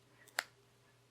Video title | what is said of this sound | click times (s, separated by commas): Review: Poetic Revolution Case (Galaxy S6 Edge) | I have it all clipped in and the last clip is on the top right here and there | 0.4 s